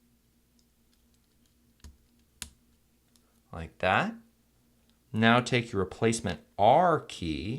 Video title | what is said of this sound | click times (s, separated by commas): R Key Replace mid-2010 13 inch Macbook Pro 1278 2.66 GHz MC375 Type J | on the top and it should snap into place like that | 2.4 s